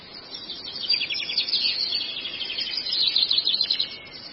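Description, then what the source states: Long-tailed shrike song: dense, buzzy, high twittering phrases running continuously, with quick trilled runs and a faint background hiss. Used for training cage birds (masteran).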